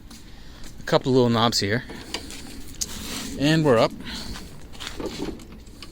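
Someone talks while handling the small recycler latch knobs on the deck of a Toro 60V Flex-Force electric lawn mower after raising the recycler part, with sharp short knocks around 2.1 s and 4.9 s. Nothing has seated or clicked yet; the knobs are not yet locked back in place.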